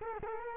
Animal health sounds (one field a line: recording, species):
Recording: mosquito wingbeat signal from an infrared sensor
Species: Culex quinquefasciatus